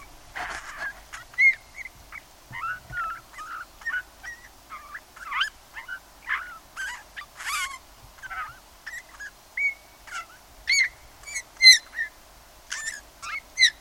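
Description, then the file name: Eurasian bullfinch: a long, rambling series of soft whistles, squeaky upslurs and creaky ticks, delivered fairly continuously with small pauses. "Pyrrhula pyrrhula"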